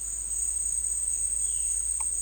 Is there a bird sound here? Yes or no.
no